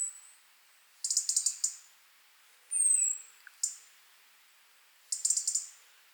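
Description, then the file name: European robin uttering quick series of hard tick notes, with one thin, high, downward-sliding whistle between the bursts. "Erithacus rubecula"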